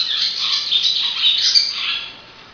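Swallow twittering: a brief burst of high, buzzy chirps and trills that trails off toward the end.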